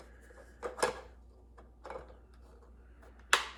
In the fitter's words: and it does a little click so you know it's in that's nice